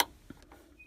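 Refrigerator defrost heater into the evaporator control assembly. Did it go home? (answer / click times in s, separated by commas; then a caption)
yes / 0.5 s. A refrigerator defrost heater is set into the evaporator control assembly facing the back and pressed until its plastic clip snaps on. A few faint, short taps sound near 0.3 s and 0.4 s, then a sharp click at 0.5 s as the clip seats. The heater clicks into place.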